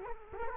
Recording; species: mosquito wingbeat signal from an infrared sensor; Culex quinquefasciatus